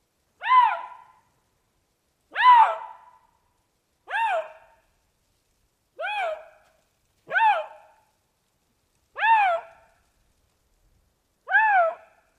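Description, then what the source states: Eurasian lynx giving seven tonal, harmonic yowls, each arching up then sliding down. Rare recording made in the Jura; the lynx is scarce and seldom encountered.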